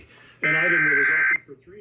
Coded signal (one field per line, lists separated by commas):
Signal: Emergency Alert System (SAME) tones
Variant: header bursts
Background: speech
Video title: A new replacement! EAS Alerts from 9/12/19 - 9/25/19 (EAS #3,353 - 3,359)